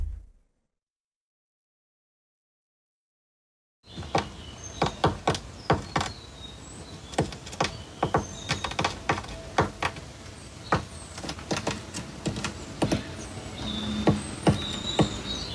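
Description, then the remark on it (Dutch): After a few seconds of silence, a great tit knocks on a wooden shed: a long run of sharp, irregular taps, some in quick clusters, with faint high chirps in between. “hoort op zijn schuurtje het geklop van een specht. Geluid afkomstig van een koolmees.”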